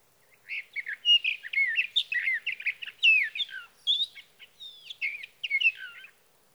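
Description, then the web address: Sage thrasher delivering an extended jumbled song of rapid whistles, chirps and downslurred notes, continuing for about six seconds with short gaps, no other sounds. "birdsongforthecurious songs Sage Thrasher"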